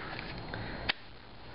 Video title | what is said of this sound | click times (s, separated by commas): Blind Horse Knives Mongo Scaaty | locks in there with a nice click | 0.9 s